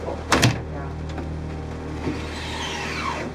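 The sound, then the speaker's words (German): The latch of a locked door gives two quick, sharp clacks as it is unlocked and opened, then a low steady hum lingers with a couple of faint soft knocks. “Aufgrund des positiven Ermittlungsergebnisses in der Küche sahen wir uns imstande, die verschlossene Tür zu öffnen.”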